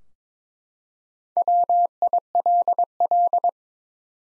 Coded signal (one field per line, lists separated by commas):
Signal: Morse code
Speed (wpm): 22 wpm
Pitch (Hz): 700 Hz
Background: none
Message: WILL